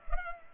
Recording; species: mosquito wingbeat signal from an infrared sensor; Culex pipiens